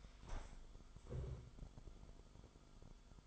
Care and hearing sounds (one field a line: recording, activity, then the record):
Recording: daily activity, microphone in the room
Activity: stand up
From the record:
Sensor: 5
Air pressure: 1005.1 hPa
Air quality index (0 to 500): 105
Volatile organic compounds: 2 ppm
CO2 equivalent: 1286 ppm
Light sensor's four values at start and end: 35/80/32/30 and 35/80/32/30